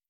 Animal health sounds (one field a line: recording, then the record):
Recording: hydrophone in a shrimp aquaculture tank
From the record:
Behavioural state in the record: stressed